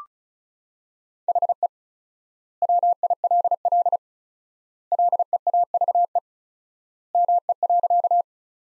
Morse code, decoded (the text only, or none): HE WILL LEAVE ME.